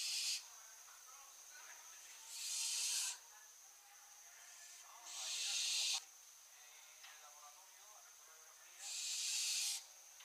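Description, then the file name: Barn owl producing four rasping, breathy shrieks, mostly about one second each, with uneven gaps, a thin constant high whine in the background. "Schleiereule - Tyto alba"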